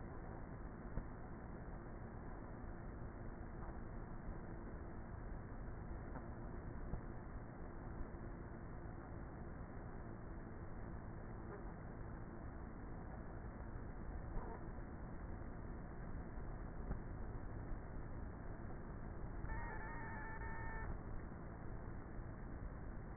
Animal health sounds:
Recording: honeybee colony, microphone inside the hive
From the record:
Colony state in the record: queenless with a low population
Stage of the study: before two queens were removed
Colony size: about 30,000 bees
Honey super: no

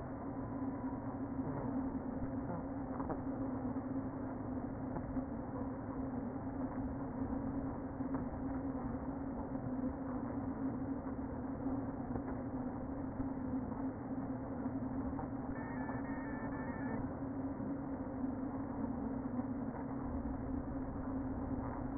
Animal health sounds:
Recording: honeybee colony, microphone inside the hive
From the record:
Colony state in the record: queen present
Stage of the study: before two queens were removed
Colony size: about 60,000 bees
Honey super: yes

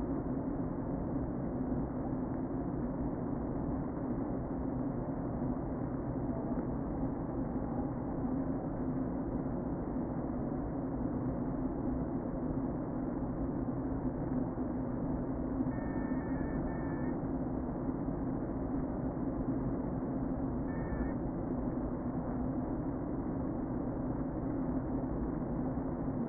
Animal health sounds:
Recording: honeybee colony, microphone inside the hive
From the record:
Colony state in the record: queen present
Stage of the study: before two queens were removed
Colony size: about 60,000 bees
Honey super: yes

